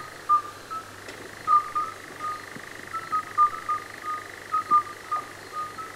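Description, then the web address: Midwife toad calls, brief pure bell-like toots spaced irregularly, a few callers answering one another over a faint continuous hum. Recorded at the Oka estuary, Urdaibai. "estuario sup oka Sapos parteros"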